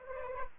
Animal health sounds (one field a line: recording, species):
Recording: mosquito wingbeat signal from an infrared sensor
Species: Culex pipiens